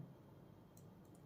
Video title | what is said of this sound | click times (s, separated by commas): 4G SOLAR MINI PAN-TILT CAMERA UNBOXING - CCTV IN TAMIL - TECH SIRPI | lock பண்ணும்போது lock சத்தம் வரும். | 0.8 s